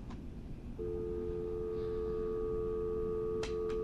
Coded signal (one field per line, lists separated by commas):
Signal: telephone call progress tone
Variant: North America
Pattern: dial tone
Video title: Northern Telecom Meridian M5316 business telephone